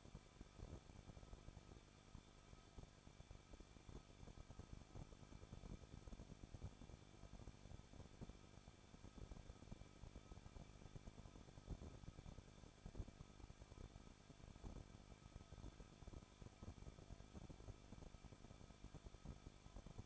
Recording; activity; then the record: daily activity, microphone in the room; no activity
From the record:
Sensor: 5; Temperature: 20.9 degrees Celsius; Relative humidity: 38.3%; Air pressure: 1006.4 hPa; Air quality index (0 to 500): 189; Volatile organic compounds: 19 ppm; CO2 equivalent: 2662 ppm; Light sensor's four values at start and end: 2/3/1/1 and 2/3/1/1